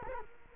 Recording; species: mosquito wingbeat signal from an infrared sensor; Culex quinquefasciatus